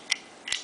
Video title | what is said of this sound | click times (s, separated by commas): How slam-firing works: Winchester model 1897 | locks into place like this and | 0.1 s